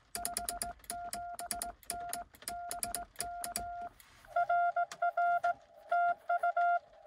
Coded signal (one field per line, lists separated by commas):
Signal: Morse code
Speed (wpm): 19 wpm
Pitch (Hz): 700 Hz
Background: none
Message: 57N BK RR TU